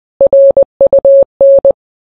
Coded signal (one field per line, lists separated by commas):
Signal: Morse code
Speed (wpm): 20 wpm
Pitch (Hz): 550 Hz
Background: none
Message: RUN